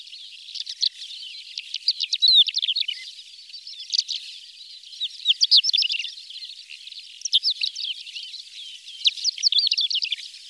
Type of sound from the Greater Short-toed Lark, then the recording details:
song. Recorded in the wild. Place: Sandwüste nordwestl. Astrachan, Kalmykia, RU. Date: 1995-05-21. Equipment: Dat-Recorder Casio DA 7, Telinga DAT, Telinga-Parabolspiegel. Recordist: Schwarz, Dieter